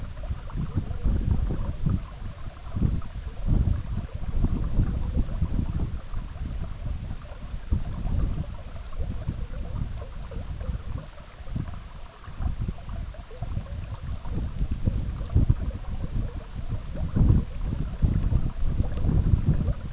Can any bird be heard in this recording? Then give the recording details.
no. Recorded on Arctic tundra, site EABA-MC, on 17 June 2019. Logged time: 04:00